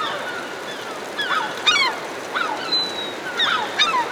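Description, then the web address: Herring gull calls, irregular short downslurred cries and sharp yelps against steady background hiss. Several herring gulls hovering overhead. "210 Nature Sounds - 20 Hours of Relaxing Natural Ambiences for Meditation and Sleep Herring Gulls Hovering Overhead"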